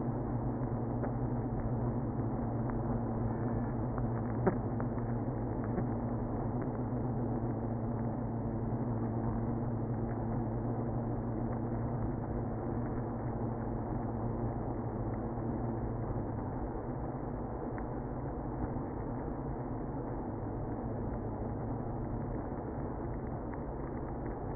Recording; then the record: honeybee colony, microphone inside the hive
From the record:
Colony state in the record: queenless (queen removed); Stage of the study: after two queens were removed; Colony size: about 60,000 bees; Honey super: yes